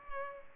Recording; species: mosquito wingbeat signal from an infrared sensor; Culex pipiens